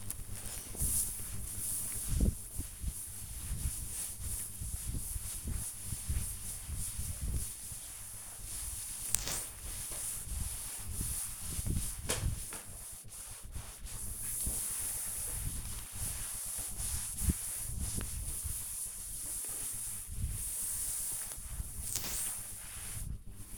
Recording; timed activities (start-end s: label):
household activities, microphone on the right wrist
0.00-23.58 s: cleaning table